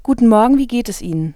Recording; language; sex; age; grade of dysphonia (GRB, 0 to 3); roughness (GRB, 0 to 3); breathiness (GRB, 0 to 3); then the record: spoken sentence; German; female; 20 to 29 years; 0; 0; 0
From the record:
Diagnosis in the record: healthy voice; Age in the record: 26 years